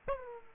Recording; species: mosquito wingbeat signal from an infrared sensor; Aedes aegypti